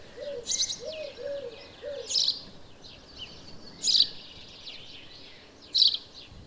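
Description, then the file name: House sparrow chirps: four separate notes spaced a couple of seconds apart, with a few faint low notes at the start and background hiss. "Passer domesticus"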